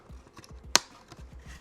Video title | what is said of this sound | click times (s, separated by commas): 2016 F150 Sync 3 Upgrade (OEM System Kept) 12" CARABC Screen. Must Watch!!! | And you pop them out just like that. | 0.8 s